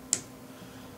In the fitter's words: these are a little bigger so i think you probably heard that click there's now a hole in the end